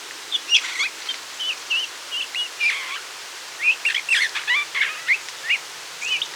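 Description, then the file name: Eurasian bullfinch calls: a series of short whistled, slurred notes given irregularly. "Pyrrhula pyrrhula"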